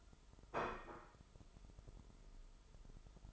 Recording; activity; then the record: daily activity, microphone in the room; place plate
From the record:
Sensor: 5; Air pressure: 988.7 hPa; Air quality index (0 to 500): 235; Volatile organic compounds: 195 ppm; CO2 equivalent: 4197 ppm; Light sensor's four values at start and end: 40/125/48/52 and 40/125/48/52